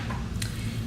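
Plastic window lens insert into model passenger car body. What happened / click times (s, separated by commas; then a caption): The small plastic clip snapped into place / 0.4 s. A plastic window lens, held by a small clip, is pressed into an N scale model passenger car body. A short, sharp snap is heard at 0.4 s over a steady low hum. The lens clip seats in place.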